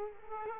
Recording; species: mosquito wingbeat signal from an infrared sensor; Culex quinquefasciatus